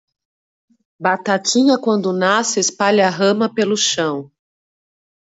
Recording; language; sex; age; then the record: short text; Brazilian Portuguese; female; 40 to 49 years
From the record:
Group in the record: control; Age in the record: 45 years